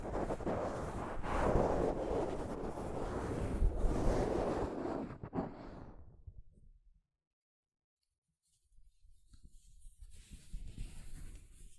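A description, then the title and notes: Soft fabric brushes against a microphone in a dense, rough rustling that swells in the first five seconds, then thins and fades out by about seven seconds. After a short silence the brushing returns more lightly and unevenly from about nine seconds to the end. ASMR Mic Brushing using Soft Fabric (No Talking).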